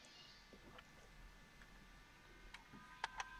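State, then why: Not seated. A 2.5-inch drive is handled as it is pushed down into the 2.5-inch drive slot of a Braswell NUC mini PC (NUC5CPYH or NUC5PPYH), with small ticks heard around 0.8, 2.5, 3.0 and 3.2 s over a low steady hum. The drive has not seated or clicked into place yet.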